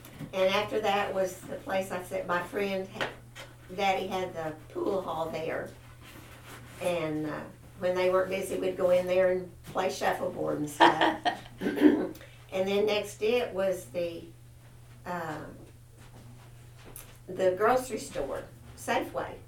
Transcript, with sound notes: And after that was the place I said my friend had-- daddy had the pool hall there. And when they weren't busy we'd go in there and play shuffle board and stuff. (Laughter) And then next to it was the-- the grocery store, Safeway.